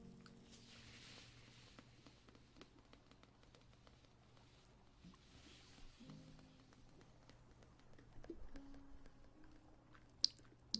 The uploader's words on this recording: Ear Massage for Sleep and Tingling.